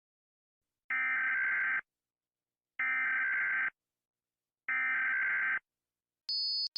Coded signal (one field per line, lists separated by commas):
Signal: Emergency Alert System (SAME) tones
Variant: header bursts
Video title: EAS Scenario: It's Too Late...